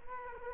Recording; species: mosquito wingbeat signal from an infrared sensor; Culex quinquefasciatus